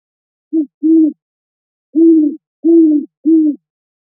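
Great horned owl hooting: deep, soft hoots in a rhythm of a short note, a longer one, a pause, then three even hoots.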